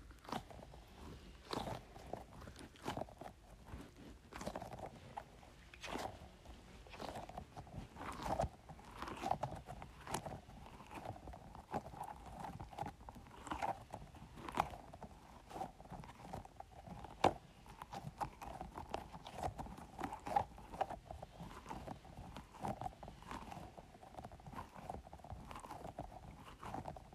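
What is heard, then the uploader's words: Squeezing a squishy goo ball, with wet, sticky squelches and little pops repeating at an uneven rhythm all the way through. Each squeeze gives a short, clicky burst, sometimes in quick clusters, over a soft sucking murmur with no other sounds around. ASMR Squeezing a Squishy Goo Ball.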